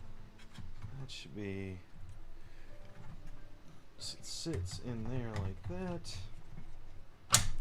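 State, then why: Seated. A component is pushed into its spot in a CRT monitor chassis during a restoration while someone talks. A sharp, loud click at 7.3 seconds marks the part snapping into place, fully seated.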